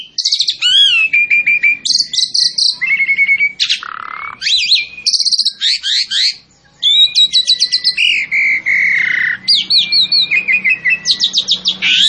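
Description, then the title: Asian pied starling song, dense and continuous, mixing looping whistles, chattering trills and squeaky notes in quick succession with barely any break. Master recording for training captive birds. "Masteran Ampuh Jalak Suren"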